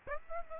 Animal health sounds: mosquito wingbeat signal from an infrared sensor; Aedes aegypti

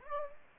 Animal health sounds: mosquito wingbeat signal from an infrared sensor; Anopheles gambiae

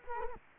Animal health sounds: mosquito wingbeat signal from an infrared sensor; Culex quinquefasciatus

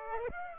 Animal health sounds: mosquito wingbeat signal from an infrared sensor; Aedes aegypti

